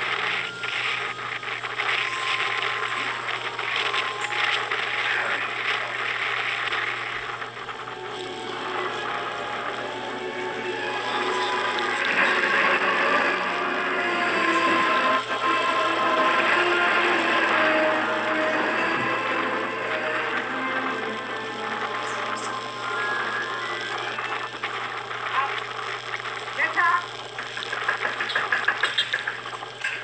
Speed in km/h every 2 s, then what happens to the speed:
45, 43, 43, 40, 38, 36, 33, 33, 32, 32, 33, 34, 34, 34, 30.
0-12 slows to 33. 12-30 steady at about 33.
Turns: none.